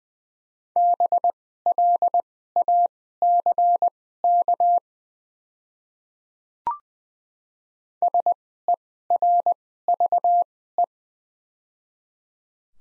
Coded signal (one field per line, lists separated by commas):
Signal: Morse code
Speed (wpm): 20 wpm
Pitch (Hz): 700 Hz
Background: none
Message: BLACK SERVE